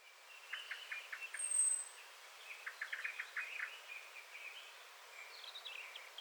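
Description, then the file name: Common blackbird calls, a loose series of short, clipped notes in bursts, with a brief high thin note partway through and steady background hiss. "Turdus merula"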